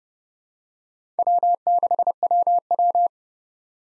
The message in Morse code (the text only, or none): W6WW